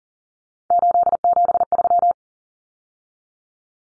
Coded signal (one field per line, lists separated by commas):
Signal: Morse code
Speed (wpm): 40 wpm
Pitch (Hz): 700 Hz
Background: none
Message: 873